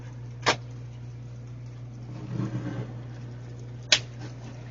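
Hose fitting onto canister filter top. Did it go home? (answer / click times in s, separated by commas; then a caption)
yes / 3.9 s. A plastic hose fitting is pushed onto the top of a Fluval FX6 canister aquarium filter and clicks into place at 3.9 seconds. An earlier sharp click comes at 0.5 seconds, with a soft rustle around 2.3 to 2.8 seconds over a steady low hum. The fitting seats firmly.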